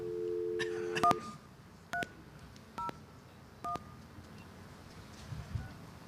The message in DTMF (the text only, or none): 1301